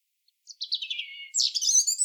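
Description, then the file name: European robin song, a descending series of warbled notes that breaks into a dense, high, scratchy twittering at the end. "Erithacus rubecula"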